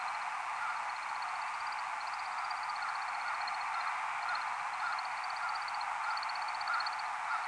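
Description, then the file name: American woodcock display twittering, a faint run of rapid high chirps that continues throughout over a steady loud hiss of background noise. Skydance display flight, recorded 30 March at 6:20 am. "AMWO-skydance-30-Mar-6-20 am"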